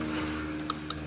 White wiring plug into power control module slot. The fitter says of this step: until it clicks or you're not securely in there